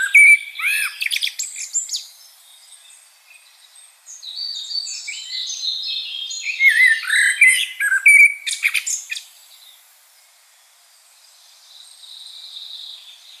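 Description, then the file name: Common blackbird song: several phrases of fluty, low warbles alternating with thin, high squeaky twitters. "Turdus merula"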